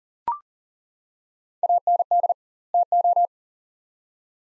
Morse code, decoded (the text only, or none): AND TO